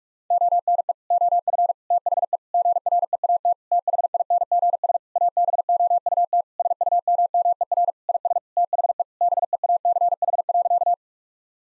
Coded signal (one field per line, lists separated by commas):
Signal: Morse code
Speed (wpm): 41 wpm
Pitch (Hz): 700 Hz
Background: none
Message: ONE OF THE GREAT THINGS ABOUT SUMMER IS THE BEACH.